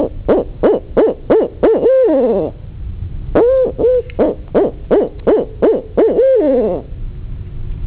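Barred owl hooting in two rhythmic phrases of quick, resonant hoots, each ending in a longer drawn-out hoot that slides downward, with a low background rumble.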